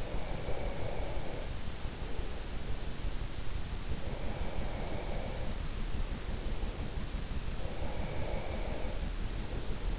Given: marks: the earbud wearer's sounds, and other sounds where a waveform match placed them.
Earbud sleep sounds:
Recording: sounds in sleep by an in-ear microphone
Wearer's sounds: breath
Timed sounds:
0.00-2.95 s: breath
3.97-7.14 s: breath
7.66-9.99 s: breath

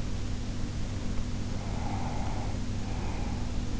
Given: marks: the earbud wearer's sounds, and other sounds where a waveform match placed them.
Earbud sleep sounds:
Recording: sounds in sleep by an in-ear microphone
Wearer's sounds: breath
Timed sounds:
1.20-3.72 s: breath

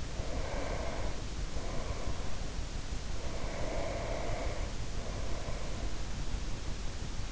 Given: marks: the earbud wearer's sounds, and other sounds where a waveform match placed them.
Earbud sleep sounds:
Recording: sounds in sleep by an in-ear microphone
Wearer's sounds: breath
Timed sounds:
0.04-2.48 s: breath
3.16-6.31 s: breath

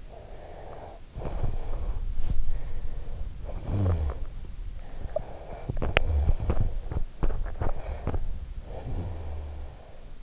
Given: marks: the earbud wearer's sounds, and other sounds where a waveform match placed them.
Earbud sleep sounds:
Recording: sounds in sleep by an in-ear microphone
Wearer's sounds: breath, snoring breath, teeth grinding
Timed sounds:
0.00-2.11 s: breath
3.31-4.63 s: snoring breath
4.63-5.71 s: breath
5.54-8.47 s: teeth grinding
8.41-10.22 s: snoring breath

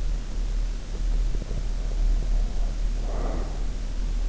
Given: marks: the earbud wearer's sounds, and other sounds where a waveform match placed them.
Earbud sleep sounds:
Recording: sounds in sleep by an in-ear microphone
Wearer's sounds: breath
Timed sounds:
1.38-3.75 s: breath

